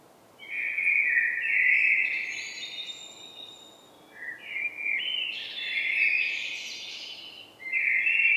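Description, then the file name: Common blackbird song: mellow whistled phrases sliding into higher, scratchy twitters, three bursts in quick succession. "Turdus merula"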